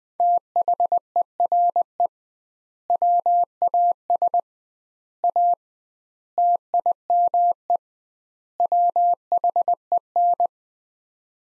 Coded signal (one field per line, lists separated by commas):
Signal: Morse code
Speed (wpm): 20 wpm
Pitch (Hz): 700 Hz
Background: none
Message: THERE WAS A TIME WHEN